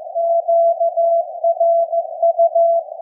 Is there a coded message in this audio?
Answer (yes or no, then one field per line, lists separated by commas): yes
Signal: Morse code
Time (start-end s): 0.2-2.8 s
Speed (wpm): 15 wpm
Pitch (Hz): 670 Hz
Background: none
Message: QRU